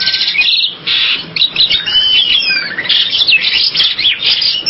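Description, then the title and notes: Bali myna giving a dense stream of harsh, scratchy chatter mixed with short whistled slurs, almost continuous throughout. "Jalak Bali. Kicau Burung Jalak"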